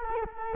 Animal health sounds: mosquito wingbeat signal from an infrared sensor; Culex quinquefasciatus

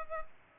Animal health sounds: mosquito wingbeat signal from an infrared sensor; Culex pipiens

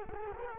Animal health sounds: mosquito wingbeat signal from an infrared sensor; Culex quinquefasciatus

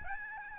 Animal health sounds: mosquito wingbeat signal from an infrared sensor; Aedes albopictus

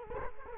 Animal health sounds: mosquito wingbeat signal from an infrared sensor; Culex quinquefasciatus

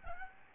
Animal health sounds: mosquito wingbeat signal from an infrared sensor; Aedes albopictus

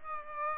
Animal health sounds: mosquito wingbeat signal from an infrared sensor; Aedes aegypti

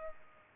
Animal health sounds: mosquito wingbeat signal from an infrared sensor; Culex pipiens

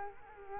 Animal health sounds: mosquito wingbeat signal from an infrared sensor; Culex quinquefasciatus

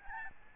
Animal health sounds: mosquito wingbeat signal from an infrared sensor; Aedes albopictus

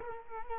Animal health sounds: mosquito wingbeat signal from an infrared sensor; Culex quinquefasciatus

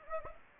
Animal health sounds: mosquito wingbeat signal from an infrared sensor; Anopheles gambiae

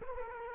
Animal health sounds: mosquito wingbeat signal from an infrared sensor; Culex quinquefasciatus

